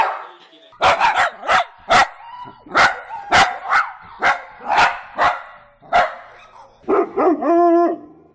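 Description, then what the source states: Dog barking in quick uneven bursts, then ending with a rising and falling tonal whine. Compilation of several dogs barking, presented as funny.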